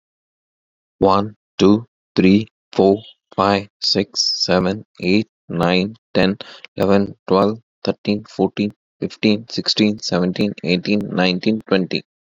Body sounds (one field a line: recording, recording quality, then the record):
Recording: counting at a normal pace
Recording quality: excellent, no background noise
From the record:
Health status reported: COVID-19 positive, mild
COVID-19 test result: positive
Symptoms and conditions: cold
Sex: male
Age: 26 years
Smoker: not ticked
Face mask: not worn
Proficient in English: yes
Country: India